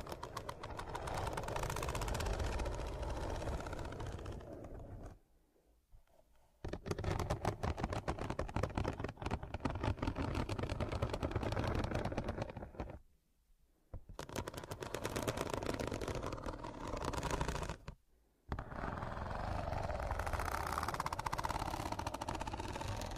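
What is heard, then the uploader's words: Rough, dense scratching runs in long loud bursts, with abrupt silent breaks near five, thirteen and eighteen seconds before it resumes. Pure Scratching.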